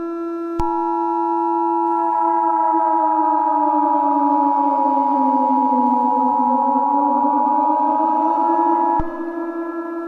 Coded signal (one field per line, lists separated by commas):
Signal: Emergency Alert System (SAME) tones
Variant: 853 and 960 Hz attention tone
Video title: Fires from Heaven - REMASTERED (EAS Scenario)